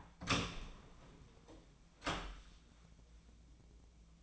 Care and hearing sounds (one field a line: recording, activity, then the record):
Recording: daily activity, microphone in the room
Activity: open door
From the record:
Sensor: 1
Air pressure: 1009.2 hPa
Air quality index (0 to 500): 192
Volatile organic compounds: 4 ppm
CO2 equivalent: 1616 ppm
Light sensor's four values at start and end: 37/100/41/48 and 38/101/42/49